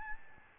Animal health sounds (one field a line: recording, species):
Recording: mosquito wingbeat signal from an infrared sensor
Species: Aedes albopictus